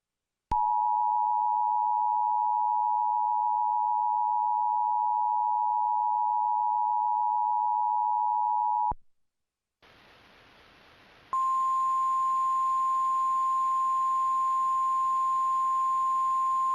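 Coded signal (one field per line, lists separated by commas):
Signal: Emergency Alert System (SAME) tones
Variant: 853 and 960 Hz attention tone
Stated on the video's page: Fictional EAS scenario about a hostage situation; tones are valid, with headers generated for EASyPLUS sections.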